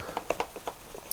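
A threaded knob is screwed all the way back into the housing of a cordless leaf blower, engaging the small internal safety click switch. A few light ticks and taps come from the threading, and the switch clicks at 0.3 s, showing the knob is properly seated.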